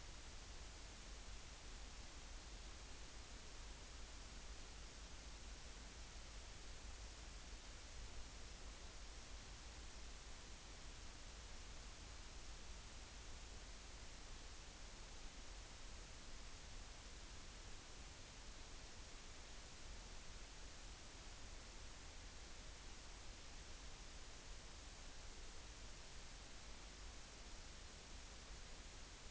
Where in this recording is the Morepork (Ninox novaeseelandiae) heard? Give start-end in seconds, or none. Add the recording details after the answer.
none. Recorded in New Zealand on 14 June 2013. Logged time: 02:27. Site Ponui